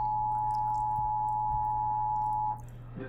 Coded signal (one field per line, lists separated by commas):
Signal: Emergency Alert System (SAME) tones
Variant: 853 and 960 Hz attention tone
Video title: Eas svr on KUHT 8.3 KHJK 103.7fm Kyaz 51.1 Eas#1012- 1014)